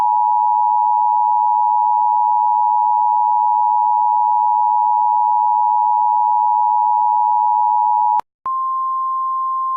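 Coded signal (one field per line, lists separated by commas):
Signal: Emergency Alert System (SAME) tones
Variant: 853 and 960 Hz attention tone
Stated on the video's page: AT&T EAS test.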